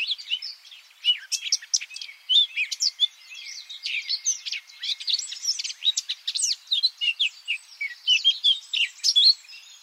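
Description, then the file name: Eurasian blackcap in busy, scratchy warbling, a dense run of sharp chirps and short whistled notes going on without a break. "Sylvia atricapilla"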